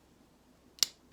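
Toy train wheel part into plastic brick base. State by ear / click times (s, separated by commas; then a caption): seated / 0.8 s. A wheel part from a Lego City Train Set is pressed into a plastic toy train brick base, with only a faint low background hum at first. A single sharp, bright click sounds at 0.8 s and fades quickly. The wheel part is seated.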